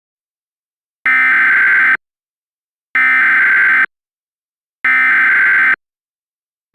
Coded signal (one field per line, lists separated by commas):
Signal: Emergency Alert System (SAME) tones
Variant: header bursts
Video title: The Lost Storms: Tornado in Hurricane - an EAS Serial